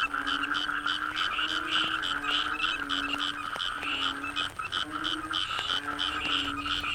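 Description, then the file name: Frog chorus of steady low drawn-out croaks, repeated about once a second, against rapid pulsing chirps and a high whining hum. Frogs in the Cherating wetlands, Malaysia. "yamaha frogs cherating wetlands"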